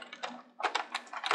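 A plastic foam-dart blaster magazine is pushed into the magwell of a toy blaster that has had a locking problem, with a quick series of sharp plastic clicks and rattles. It locks in with clicks at 0.8 s and 1.3 s, and the magazine is seated.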